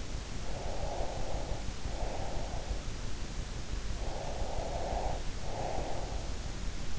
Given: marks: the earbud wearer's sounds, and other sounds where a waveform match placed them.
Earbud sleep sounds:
sounds in sleep by an in-ear microphone; breath
0.47-2.86 s: breath
3.96-6.42 s: breath

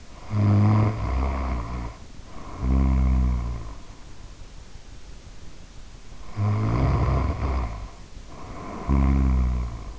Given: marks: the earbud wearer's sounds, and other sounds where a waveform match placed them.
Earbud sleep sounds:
sounds in sleep by an in-ear microphone; snoring breath
0.00-4.27 s: snoring breath
6.24-9.99 s: snoring breath

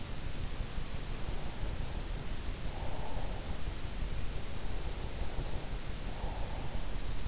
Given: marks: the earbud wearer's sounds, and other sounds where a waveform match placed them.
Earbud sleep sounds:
sounds in sleep by an in-ear microphone; breath
1.16-3.38 s: breath
4.84-6.81 s: breath

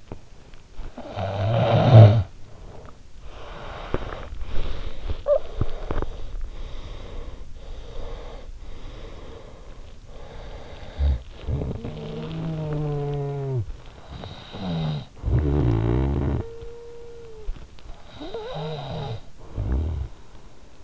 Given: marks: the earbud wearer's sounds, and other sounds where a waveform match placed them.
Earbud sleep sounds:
sounds in sleep by an in-ear microphone; snoring breath, breath
0.72-4.32 s: snoring breath
4.32-10.90 s: breath
10.90-17.72 s: snoring breath
17.84-20.72 s: snoring breath

